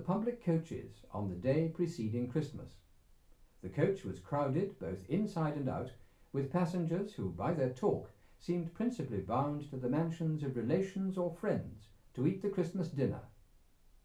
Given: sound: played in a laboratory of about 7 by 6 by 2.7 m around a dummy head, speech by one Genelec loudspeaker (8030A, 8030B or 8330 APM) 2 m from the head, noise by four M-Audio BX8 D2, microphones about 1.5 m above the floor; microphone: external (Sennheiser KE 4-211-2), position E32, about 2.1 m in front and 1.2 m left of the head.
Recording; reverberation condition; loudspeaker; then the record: male speech in English; low; in front (0 degrees)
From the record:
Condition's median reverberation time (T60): about 310 ms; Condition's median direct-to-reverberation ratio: about 3.5 dB